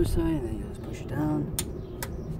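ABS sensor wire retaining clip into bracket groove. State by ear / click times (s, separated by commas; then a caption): seated / 2.0 s. A plastic retaining clip for the ABS wheel speed sensor wiring is pushed down into its groove on the bracket while someone talks. It snaps sharply into place at 2.0 s, and the clip is seated.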